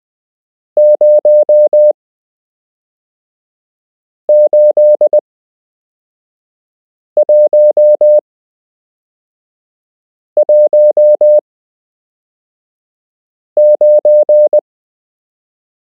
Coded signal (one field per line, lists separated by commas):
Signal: Morse code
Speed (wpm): 20 wpm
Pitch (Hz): 600 Hz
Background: none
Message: 08119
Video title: You can learn Morse code - Part 7